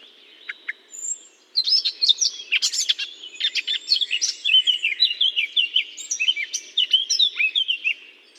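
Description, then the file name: Eurasian blackcap song: a few soft opening notes, then a long, lively, jumbled warble. Singing in holly. "chant de fauvette a tete noire dans houx"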